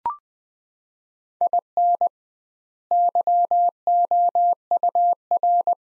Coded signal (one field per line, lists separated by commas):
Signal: Morse code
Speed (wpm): 20 wpm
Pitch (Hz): 700 Hz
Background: none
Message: IN YOUR